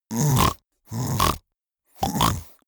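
Three short snores from an adult: rough, low-pitched bursts of about half a second each, with brief pauses between them.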